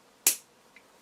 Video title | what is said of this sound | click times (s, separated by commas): Jazwares Pokémon Select Figure Mega Charizard X Action Figure Unboxing | Oh, nice satisfying click there. | 0.3 s